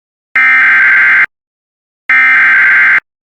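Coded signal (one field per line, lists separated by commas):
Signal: Emergency Alert System (SAME) tones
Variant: header bursts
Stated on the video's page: Severe thunderstorm warning issued by the Tulsa weather office.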